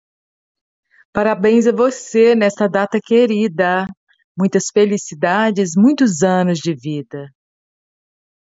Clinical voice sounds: short text; Brazilian Portuguese; female; 60 to 69 years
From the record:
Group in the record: control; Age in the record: 62 years

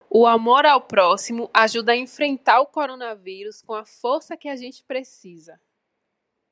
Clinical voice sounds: spoken sentence; Brazilian Portuguese; female; 20 to 29 years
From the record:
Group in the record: control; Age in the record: 27 years

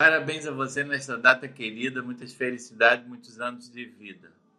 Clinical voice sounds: short text; Brazilian Portuguese; male; 50 to 59 years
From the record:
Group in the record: control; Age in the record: 58 years

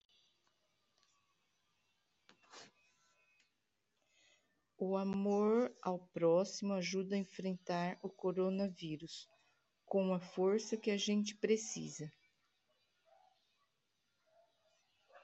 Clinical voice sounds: spoken sentence; Brazilian Portuguese; female; 50 to 59 years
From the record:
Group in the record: control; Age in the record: 56 years

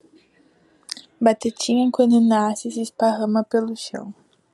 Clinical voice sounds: short text; Brazilian Portuguese; female; 18 to 19 years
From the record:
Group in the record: control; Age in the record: 18 years

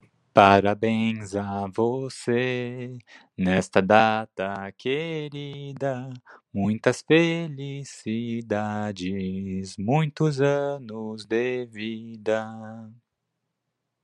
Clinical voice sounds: short text; Brazilian Portuguese; male; 20 to 29 years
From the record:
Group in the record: control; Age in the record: 22 years

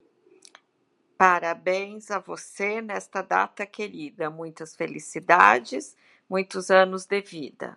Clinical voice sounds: short text; Brazilian Portuguese; female; 50 to 59 years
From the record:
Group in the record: control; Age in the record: 57 years

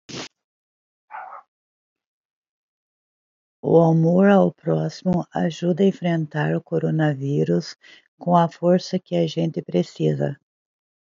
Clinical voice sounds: spoken sentence; Brazilian Portuguese; female; 40 to 49 years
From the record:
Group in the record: control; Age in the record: 48 years

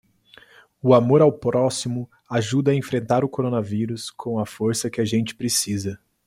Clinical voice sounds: spoken sentence; Brazilian Portuguese; male; 20 to 29 years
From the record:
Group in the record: control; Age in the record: 27 years

